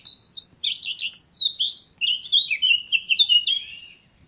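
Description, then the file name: Eurasian blackcap giving a continuous, rich warble of fluty whistles and quick chattering notes, fading out at the end. "Sylvia atricapilla"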